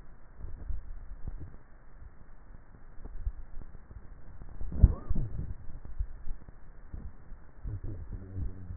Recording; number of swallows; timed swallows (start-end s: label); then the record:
swallowing sounds by neck microphone; 3
0.43-1.53 s: swallow
3.23-3.86 s: swallow
5.86-6.46 s: swallow
From the record:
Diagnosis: dysphagia